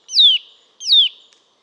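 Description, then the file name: Eurasian nuthatch giving two sharp descending calls, each sliding down from high to lower pitch, spaced about seven tenths of a second apart. "Sitta europaea"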